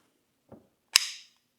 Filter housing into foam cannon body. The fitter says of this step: clicks into place. Right? There's an O-ring here so that so it's nice and snug.